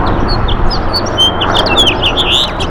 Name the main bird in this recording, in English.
House Finch